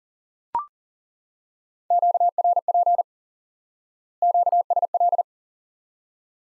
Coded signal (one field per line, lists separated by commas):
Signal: Morse code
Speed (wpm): 40 wpm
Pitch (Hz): 700 Hz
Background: none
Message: QRP QSL